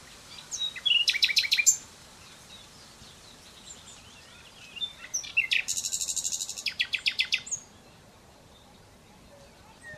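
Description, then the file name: Common Nightingale song: a short burst of sharp repeated notes, then after a pause a longer phrase building into a fast rattling trill. "Luscinia megarhynchos"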